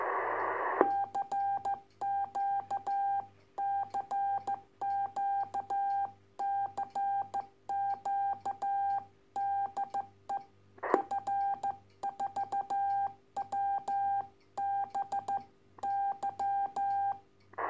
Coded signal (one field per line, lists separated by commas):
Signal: Morse code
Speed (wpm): 14 wpm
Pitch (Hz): 800 Hz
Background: none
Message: CQ CQ CQ DE F4WBY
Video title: Testing The Spiderbeam 12m Telescopic Fiberglass Antenna Mast.